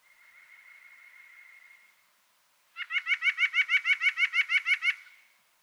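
White-breasted nuthatch song: a faint, steady tone for about two seconds, then a fast run of about thirteen loud nasal notes.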